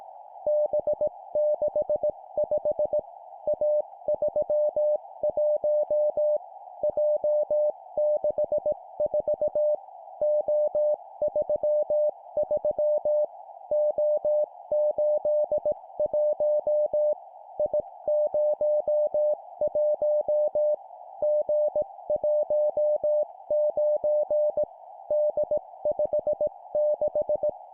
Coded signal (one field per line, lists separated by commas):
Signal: Morse code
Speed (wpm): 18 wpm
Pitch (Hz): 600 Hz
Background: music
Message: B65 A31 J64 O33 O81 I01 G19 D56